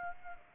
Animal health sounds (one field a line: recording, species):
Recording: mosquito wingbeat signal from an infrared sensor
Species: Aedes aegypti